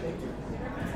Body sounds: background sound without coughing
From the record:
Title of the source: 60 minutes of coffee shop sounds for study and concentration

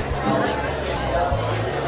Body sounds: background sound without coughing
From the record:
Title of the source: CITY SOUNDS Busy Bar in the Evening Night - 2 HOURS of Ambiance for Relaxation

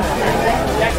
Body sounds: background sound without coughing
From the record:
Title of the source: Nightlife Party Simulating Party Club Noise 1 Hour

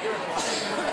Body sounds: coughing mixed with background sound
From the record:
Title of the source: Spring Allergy Coughing

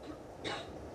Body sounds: coughing mixed with background sound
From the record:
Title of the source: female coughing - coughing sound effects girl

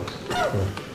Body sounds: coughing mixed with background sound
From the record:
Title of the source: Mid-morning Winter Coughing Fit

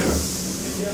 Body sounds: coughing mixed with background sound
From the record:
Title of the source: Residual Phlegmy Morning Coughing and Gagging

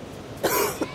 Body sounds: coughing mixed with background sound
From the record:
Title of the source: 31 night wet cough

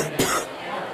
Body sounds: coughing mixed with background sound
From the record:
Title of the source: 30 Chesty and wet cough

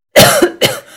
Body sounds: coughing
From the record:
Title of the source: Coughing Woman Sound - Woman Cough Sound Effect

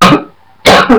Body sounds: coughing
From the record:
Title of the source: Barking cough - # 10

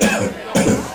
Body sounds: coughing mixed with background sound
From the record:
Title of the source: Spring Cold Coughing.

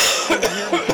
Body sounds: coughing mixed with background sound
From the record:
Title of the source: Dry Afternoon Cough

